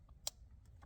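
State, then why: Seated. A 6-pin USB plug is pushed, tab toward the bottom, into the second port on the back of an Android car radio head unit for a Honda Civic. A single sharp click sounds at 0.3 s, followed by fainter small ticks over a low background rumble. The plug is seated and locked in so it won't fall out.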